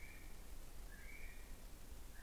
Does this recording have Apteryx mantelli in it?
yes